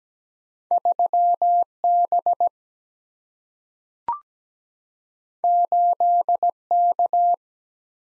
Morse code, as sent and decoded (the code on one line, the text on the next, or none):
...-- / -... / ---.. / -.-
3 B 8 K